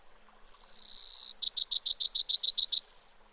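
Brewer's sparrow giving a drawn-out, very high buzz that breaks into a quick series of about ten repeated sharp notes, insect-like in tone.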